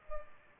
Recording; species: mosquito wingbeat signal from an infrared sensor; Culex pipiens